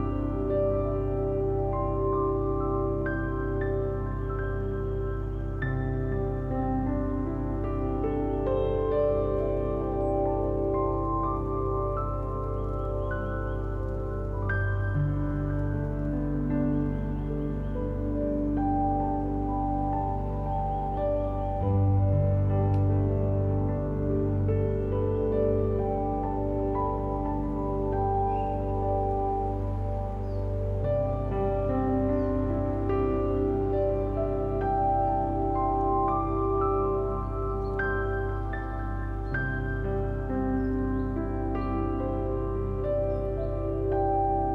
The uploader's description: gentle piano music with the sweet sounds of the wind and birds